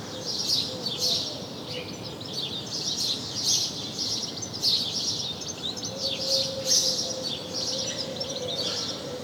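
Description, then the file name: House sparrow chirping, a steady stream of bright sharp notes with a quiet low tone now and then. "Passer domesticus"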